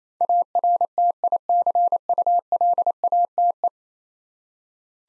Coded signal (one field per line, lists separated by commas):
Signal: Morse code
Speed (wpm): 28 wpm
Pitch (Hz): 700 Hz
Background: none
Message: ARTICULATE